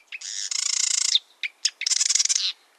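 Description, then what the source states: Marsh Wren song: a short note, then a long rapid buzzy rattle, a few quick clicks, and a second grating, gurgling rattle, all high-pitched and mechanical. Song likened to air bubbles forcing their way through mud, a rusty hinge grating, and a chugging sewing machine or toy machine gun.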